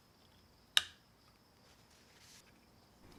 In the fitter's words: looking for a nice firm audible snap when setting the lever cap